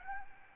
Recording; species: mosquito wingbeat signal from an infrared sensor; Aedes albopictus